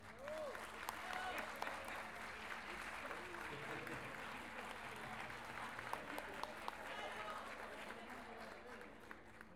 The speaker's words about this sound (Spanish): Un aplauso a los que estuvieron recién.